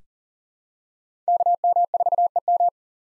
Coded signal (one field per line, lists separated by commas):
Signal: Morse code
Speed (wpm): 40 wpm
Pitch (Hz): 700 Hz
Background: none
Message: KM4EM